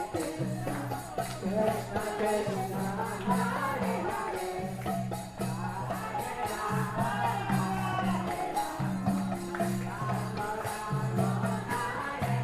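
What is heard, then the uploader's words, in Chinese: Street parade music from a Rath Yatra procession in Ximending: a steady, dense mix of chanting voices and instruments over a droning low tone that pulses in long repeating blocks. Rhythmic percussion ticks through the whole clip, with crowd voices mixed in throughout. 全城的人都跳舞起來了_台北西門町印度壇車節踩街活動。地點在台北西門町街區。我錄製了一小段當時在街邊,實際參與活動。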